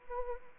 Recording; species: mosquito wingbeat signal from an infrared sensor; Anopheles arabiensis